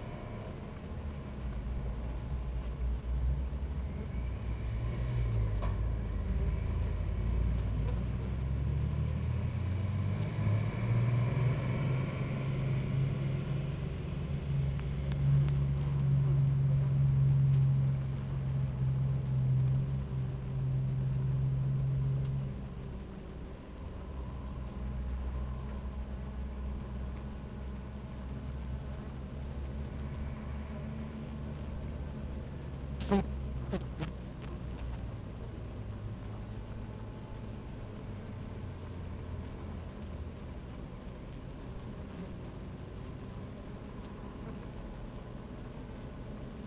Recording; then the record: honeybee colony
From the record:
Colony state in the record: active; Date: 28 July 2017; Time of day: 11:55